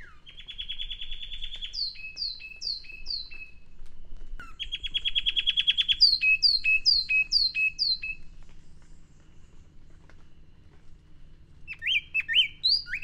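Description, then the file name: Sharpe's wren song: a rapid buzzy trill followed by a series of descending whistled notes, given twice, with a further burst of notes near the end. "cinnycerthia olivascens"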